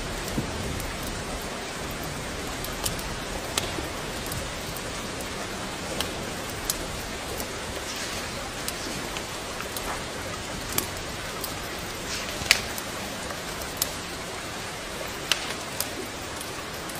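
Rain falls in a steady, dense hiss while a fire crackles through it on a rainy day. Sharp, bright pops break out every second or two, with a few louder snaps near the middle and end, over an even, unchanging wash of rain.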